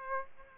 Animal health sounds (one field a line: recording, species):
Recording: mosquito wingbeat signal from an infrared sensor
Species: Aedes aegypti